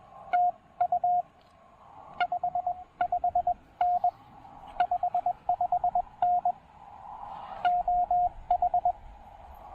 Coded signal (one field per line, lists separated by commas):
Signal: Morse code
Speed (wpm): 20 wpm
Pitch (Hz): 690 Hz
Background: radio noise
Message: TU 55N 55N OH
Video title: POTA on the cheap with my new-to-me TEN-TEC R4020 QRP transceiver!